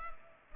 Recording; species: mosquito wingbeat signal from an infrared sensor; Culex pipiens